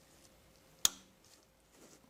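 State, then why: Seated. Someone presses the tripped high-limit (ECO) reset button on an electric water heater's upper thermostat, and it gives a single sharp click at 0.8 s as it seats back in. Otherwise the clip is quiet except for faint low rustling, and the click confirms the button had tripped.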